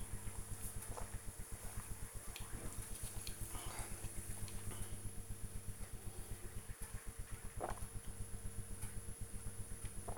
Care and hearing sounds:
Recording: household activities, microphone on the right wrist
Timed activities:
0.00-10.18 s: drinking

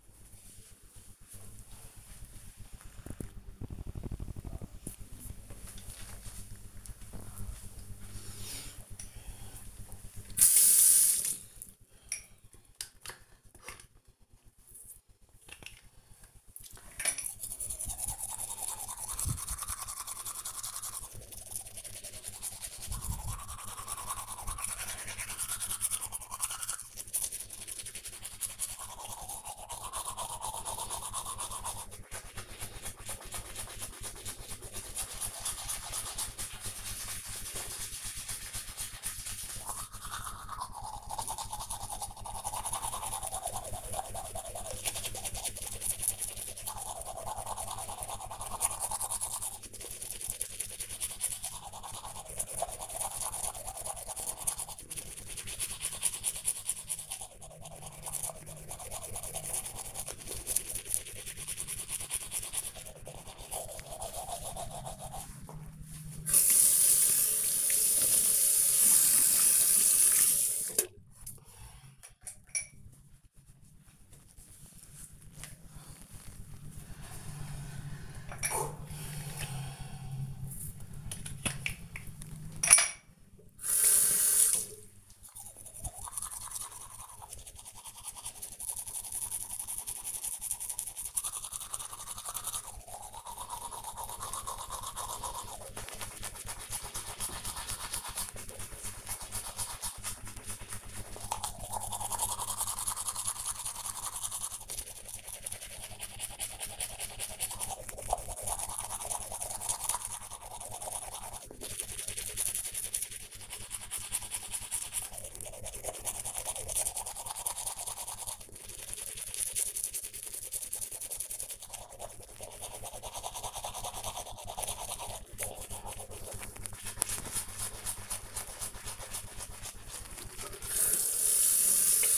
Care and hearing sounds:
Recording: household activities, microphone on the right wrist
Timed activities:
11.17-72.46 s: brushing teeth
81.52-132.18 s: brushing teeth

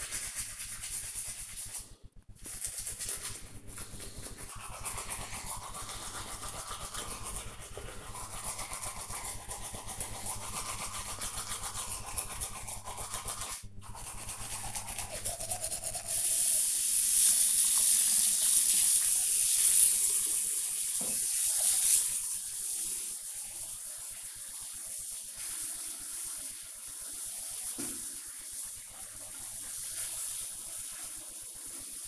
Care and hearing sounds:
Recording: household activities, microphone on the right wrist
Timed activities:
0.00-32.08 s: brushing teeth

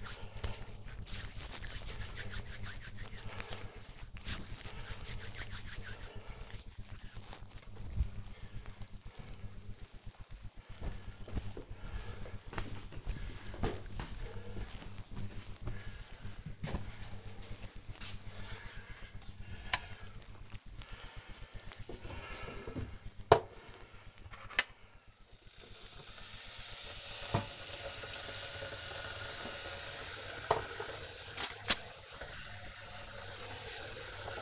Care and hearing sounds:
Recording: household activities, microphone on the right wrist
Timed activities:
0.00-6.94 s: cream hands
17.99-34.42 s: making tea

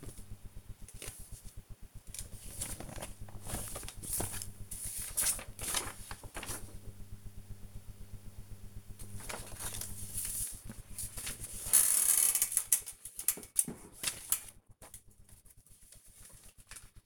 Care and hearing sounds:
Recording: household activities, microphone on the right wrist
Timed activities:
0.00-15.86 s: sorting documents

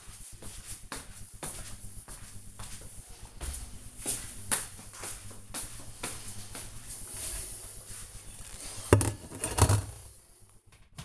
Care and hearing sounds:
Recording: household activities, microphone on the right wrist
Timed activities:
6.80-11.05 s: washing dishes

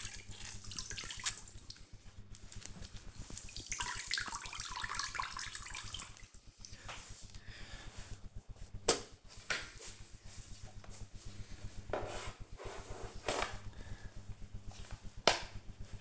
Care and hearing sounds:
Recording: household activities, microphone on the right wrist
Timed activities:
0.00-16.01 s: floor cleaning

